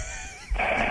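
Faint, wheezy shallow breathing from a sleeping adult, then a sudden loud gasping inhalation: a big recovery breath after a sleep apnea pause.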